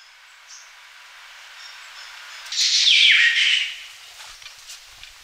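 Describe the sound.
Malia giving a single harsh, noisy squeal lasting about a second, sliding downward, against a quiet background.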